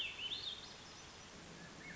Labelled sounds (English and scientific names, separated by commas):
Swainson's Thrush (Catharus ustulatus)